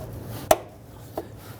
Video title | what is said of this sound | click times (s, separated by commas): How to Replace Front ABS Wheel Speed Sensors 2010-2019 Ford Taurus | You're going to hear that red lock tab snap into place. | 0.5 s